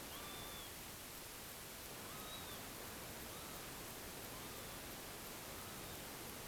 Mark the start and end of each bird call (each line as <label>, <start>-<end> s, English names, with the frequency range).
Northern Lapwing (0.9-4.2 kHz), 0.11-0.69 s
Northern Lapwing (0.9-4.5 kHz), 2.08-2.57 s
Northern Lapwing (0.8-4.2 kHz), 3.27-3.54 s
Northern Lapwing (0.5-4.5 kHz), 4.33-4.75 s
Northern Lapwing (0.8-4.7 kHz), 5.58-5.99 s